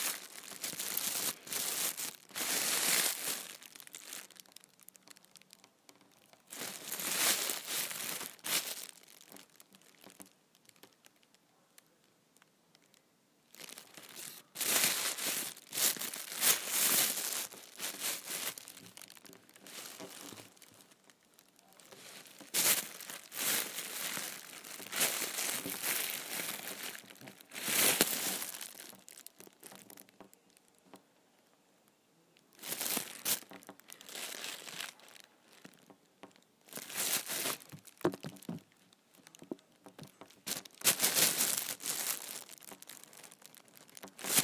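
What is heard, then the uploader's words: A big plastic trash bag is handled and crumpled in irregular bursts of loud crinkling, with bright, crackly rustles around 1–3, 7–8, 14–17, 23–28, 33–35 and 40–42 seconds. Between bursts come quieter stretches of soft shifting and small crackles. ASMR Big Ol Trash Bag.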